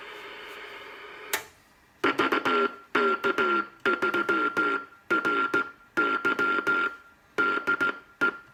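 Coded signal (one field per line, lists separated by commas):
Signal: Morse code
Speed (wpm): 16 wpm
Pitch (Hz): 1390 Hz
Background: none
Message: VK3RY DE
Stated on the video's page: Homebrew 80m QRP transmitter boosted from under half a watt to over 3.5 watts, used in a QSO with a fully home-built station.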